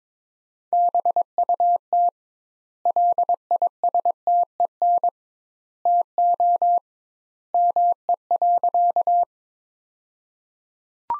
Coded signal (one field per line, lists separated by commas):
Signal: Morse code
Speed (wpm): 22 wpm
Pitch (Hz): 700 Hz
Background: none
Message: BUT LISTEN TO ME.